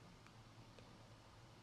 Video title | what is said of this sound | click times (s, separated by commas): 28 Years Fixing Golf Carts - Here's What's Different Now | All you got to do is push it back in until it snaps. All right, then you heard it snap. | 0.3 s, 0.8 s